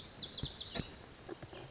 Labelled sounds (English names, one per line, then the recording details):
Lazuli Bunting
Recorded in Sonoma County, California